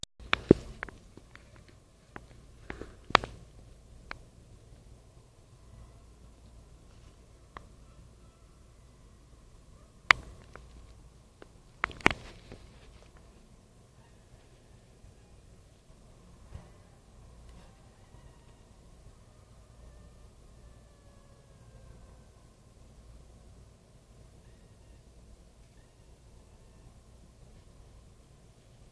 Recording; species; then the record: mosquito flight sound by mobile phone; Anopheles minimus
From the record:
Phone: Nokia 5235